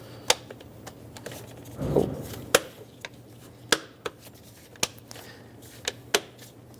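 Metal spring clamps on the air filter housing cover of a 2006-2011 Honda Civic are clipped shut one after another after the cover is lined up, giving sharp snaps at 0.3, 2.6, 3.7, 4.8 and 6.2 seconds, with a softer tick near 5.9 s and a brief rustle of handling around 2 s. The clamps close and the cover is seated, since clamps that are hard to close would mean the top is not seated.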